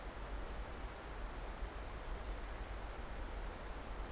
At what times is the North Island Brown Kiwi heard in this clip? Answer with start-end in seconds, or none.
none